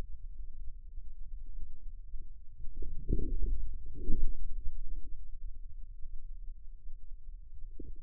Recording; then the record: forearm muscle sounds (acoustic myography)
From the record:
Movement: outward rotation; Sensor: system 2, bracelet of six BSWA MPA416 microphones around the upper forearm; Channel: 6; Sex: male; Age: 22 years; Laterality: right